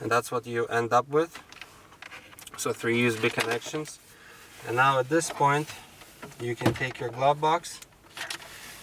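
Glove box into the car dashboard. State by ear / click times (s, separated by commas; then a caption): seated / 8.3 s. Someone talks while the plastic glove box of a 2015–2018 Toyota Sienna, with three USB cables routed through it, is pushed back into the dashboard. A short snap at 8.3 s marks the glove box popping into place, seated.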